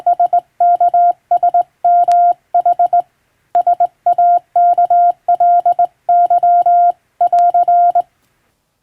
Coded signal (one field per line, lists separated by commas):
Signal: Morse code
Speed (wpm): 20 wpm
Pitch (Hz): 700 Hz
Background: none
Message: SKSMH SAKLY<AR>